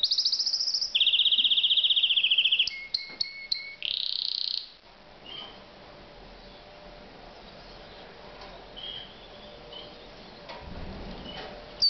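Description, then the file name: Canary song: loud rolling trills and sharp chips for about five seconds, then only faint scattered notes over quiet background hiss. "Uccello Canarino"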